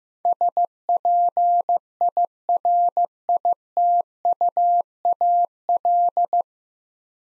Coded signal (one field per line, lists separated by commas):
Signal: Morse code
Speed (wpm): 15 wpm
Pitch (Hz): 700 Hz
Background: none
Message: SPIRITUAL